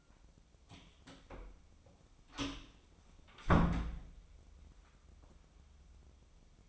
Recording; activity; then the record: daily activity, microphone in the room; close door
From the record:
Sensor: 1